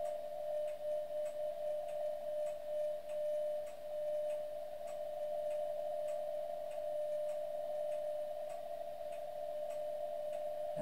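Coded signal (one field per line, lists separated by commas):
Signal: radio time signal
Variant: WWV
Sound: steady mid-pitched tone with faint regular clicks, like seconds ticks, over hiss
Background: radio static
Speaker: here's the WWV transmitter in America at ten megahertz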